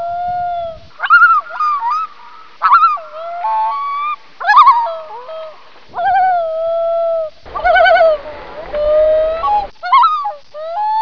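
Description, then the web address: Loon wailing and tremolo calls: short rising wails and held mid-pitched tones broken by pauses, with a rapid wavering tremolo near the middle. "winnie loon"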